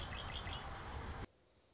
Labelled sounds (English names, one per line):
Red-winged Blackbird